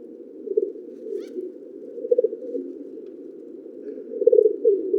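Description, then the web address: Deep pigeon coos in pulsing bursts, strongest near the end, with one faint high chirp. "sound Columbidae"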